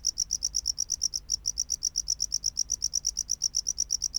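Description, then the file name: Tropical house cricket singing rapid, regular high chirps, with one brief pause. "Bio Acoustica Gryllodes sigillatus"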